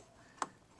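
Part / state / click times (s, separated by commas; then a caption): microswitch into arcade push button housing / seated / 0.4 s. A plastic microswitch, with one end already in, is pressed into an arcade push button housing as the bracket clip is pushed out by thumb. A sharp snap is heard at 0.4 seconds as the switch pops into the button bracket and seats, followed by a fainter tick near the end.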